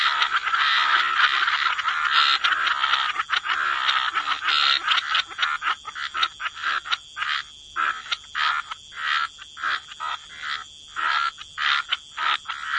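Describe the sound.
Frogs calling in a thick chorus of raspy trills that breaks up into distinct rhythmic croak bursts, each lasting under a second.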